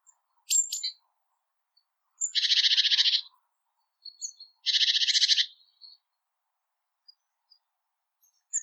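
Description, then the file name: Great tit giving two harsh, buzzy churring bursts about a second each, separated by short high chips and thin notes. "Parus major"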